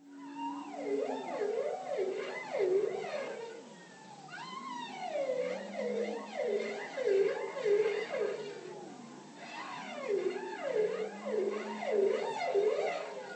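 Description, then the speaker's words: Bowhead whale song: repeating phrases of swooping, wavering moans rich in harmonics, rising and falling about twice a second, in bursts separated by brief pauses. Recorded in the Pacific Arctic with a dipping hydrophone or an instrument moored underwater for a year. "And you'll hear the songs of bowhead whales."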